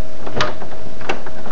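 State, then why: Seated. An assembled toner cartridge and drum unit is slid into a Brother MFC-8840 / MFC-8840D / MFC-8840DN laser printer and pushed until it clicks and drops down into place. Plastic sliding and scraping come with sharp knocks, the loudest click at 0.4 s and another strong one near 1.1 s. The unit is seated.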